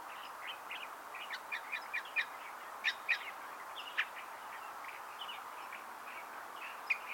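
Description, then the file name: California thrasher giving scattered short chips and brief warbled notes, irregularly spaced, with a few sharper accented notes and a quiet background hiss. "Toxostoma redivivum - California Thrasher"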